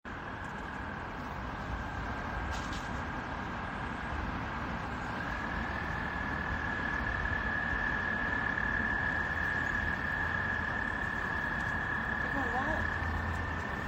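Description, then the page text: American toad giving a long, steady, high musical trill held almost unbroken throughout, over constant low rumbling background noise. Recorded in Maryland. "Maryland Biodiversity. American Toad ( Anaxyrus americanus )"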